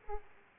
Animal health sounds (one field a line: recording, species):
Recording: mosquito wingbeat signal from an infrared sensor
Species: Aedes aegypti